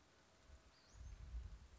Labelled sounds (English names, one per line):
Western Flycatcher